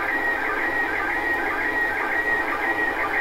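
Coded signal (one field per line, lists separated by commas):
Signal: SSTV (slow-scan television)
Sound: warbling tones between 1.5 and 2.3 kHz with a regular rhythm, heavy hiss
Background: radio static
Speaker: we'll see if we can get another picture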